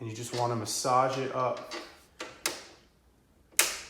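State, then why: Seated. Someone talks while pushing the metal decklid trim molding of a 1967/1968 Mustang Fastback up onto its retaining clip on the trunk lid. Two lighter taps come at about 2.2 and 2.5 seconds. A sharp, loud snap at 3.6 seconds marks the molding seating on the clip.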